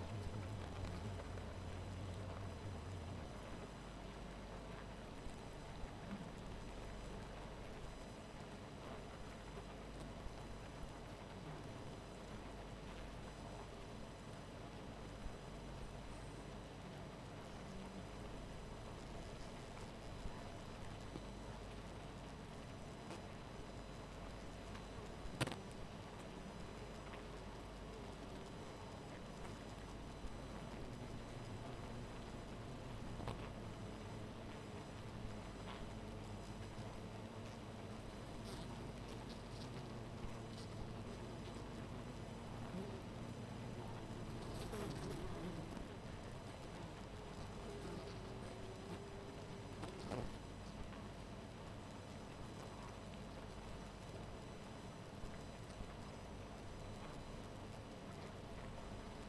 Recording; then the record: honeybee colony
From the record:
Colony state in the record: missing queen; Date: 14 July 2017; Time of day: 2:27